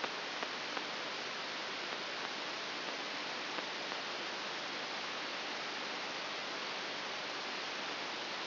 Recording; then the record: brain microelectrode recording played as sound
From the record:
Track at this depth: outside the subthalamic nucleus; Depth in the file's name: 7.001 mm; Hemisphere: right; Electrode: 3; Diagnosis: Parkinson's disease